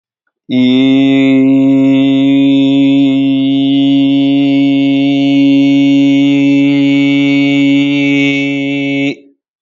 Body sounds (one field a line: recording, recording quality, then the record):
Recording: sustained vowel as in beet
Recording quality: excellent, no background noise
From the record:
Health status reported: healthy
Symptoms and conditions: cold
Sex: male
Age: 18 years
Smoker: not ticked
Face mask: not worn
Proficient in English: yes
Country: India